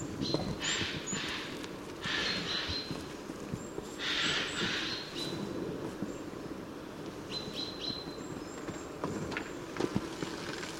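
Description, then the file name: Eurasian jay giving harsh, rasping screeches in several bursts against low background noise. "Garrulus glandarius"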